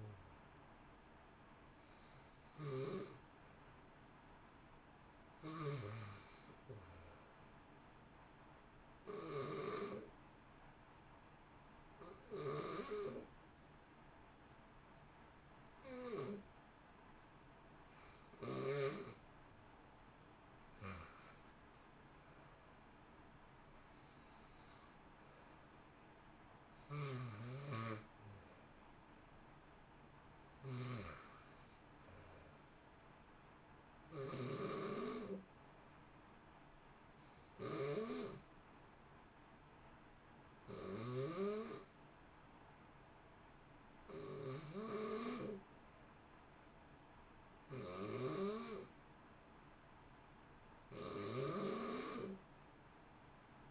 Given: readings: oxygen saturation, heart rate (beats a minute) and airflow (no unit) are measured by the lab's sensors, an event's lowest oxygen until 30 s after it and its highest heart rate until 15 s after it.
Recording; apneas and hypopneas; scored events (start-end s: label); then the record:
breathing in sleep by a voice recorder at the bedside; 1
9.00-27.20 s: hypopnea (N1, oxygen 94% highest, then 91% lowest, heart rate 64 at the start, 64 highest)
From the record:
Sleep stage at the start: N1 (lightest sleep); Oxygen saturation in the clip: 91 to 94%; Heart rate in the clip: 56 to 65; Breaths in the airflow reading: 14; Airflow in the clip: -0.9 to 1.2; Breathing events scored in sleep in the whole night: 328 in 6.3 hours asleep